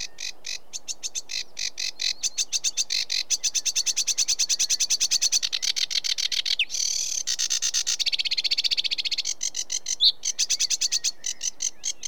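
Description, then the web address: Sedge warbler song, a long rapid churring run of harsh rattling notes with brief whistled phrases mixed in, delivered almost without pause. In Britain. "The BBC Sound Effects Library - Complete 60 CDs Collection Sound Effects Library-12 (British Birds) 16 Sedge Warbler"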